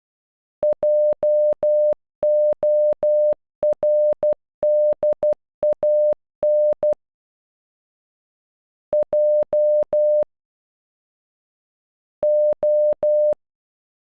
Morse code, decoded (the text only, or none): JORDAN J O